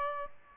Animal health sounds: mosquito wingbeat signal from an infrared sensor; Aedes albopictus

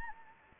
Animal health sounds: mosquito wingbeat signal from an infrared sensor; Anopheles gambiae

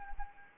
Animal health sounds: mosquito wingbeat signal from an infrared sensor; Anopheles arabiensis

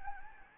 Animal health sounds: mosquito wingbeat signal from an infrared sensor; Anopheles gambiae

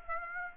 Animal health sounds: mosquito wingbeat signal from an infrared sensor; Aedes aegypti

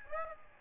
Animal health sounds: mosquito wingbeat signal from an infrared sensor; Aedes albopictus

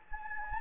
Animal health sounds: mosquito wingbeat signal from an infrared sensor; Anopheles gambiae

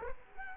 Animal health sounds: mosquito wingbeat signal from an infrared sensor; Culex quinquefasciatus

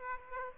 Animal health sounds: mosquito wingbeat signal from an infrared sensor; Aedes aegypti

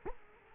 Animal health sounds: mosquito wingbeat signal from an infrared sensor; Culex quinquefasciatus

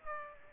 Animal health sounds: mosquito wingbeat signal from an infrared sensor; Aedes aegypti

